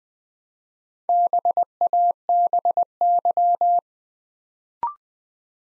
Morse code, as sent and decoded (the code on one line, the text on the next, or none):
-... .- -... -.--
BABY